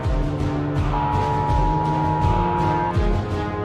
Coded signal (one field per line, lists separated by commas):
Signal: Emergency Alert System (SAME) tones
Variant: 853 and 960 Hz attention tone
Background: music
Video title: EAS - COMITÉ D'ÉTHIQUE #4 | ALERTE MODÉRÉE AMÉRIQUE DU SUD